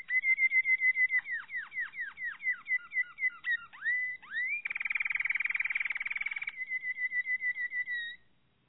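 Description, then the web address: Canary (Malinois Waterslager): canary singing a clear whistled song: a series of downward-sweeping slurred notes, then a rapid rolling trill, ending with steady repeated whistles. Song of the Malinois (Waterslager) breed of canary. "~joaopt canarios racas canto malinoiss"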